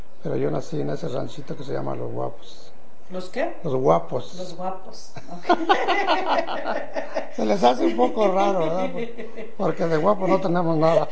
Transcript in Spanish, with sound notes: pero yo nací en ese ranchito que se llama Los Guapos. Los, ¿qué? Los Guapos. Los Guapos. (risas) Se les hace un poco raro, ¿verdad? Porque de guapos no tenemos nada.